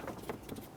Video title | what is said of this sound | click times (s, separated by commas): How to Replace Radiator 2006-2010 Hummer H3 3.7L | So you have all of these signs up top here and you're locked into place. | 0.3 s, 0.5 s